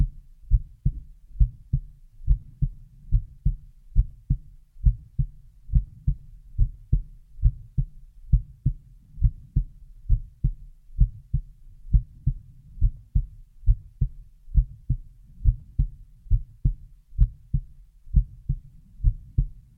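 Heartbeat heard close up, and nothing else: deep, low thudding beats at about 68 per minute.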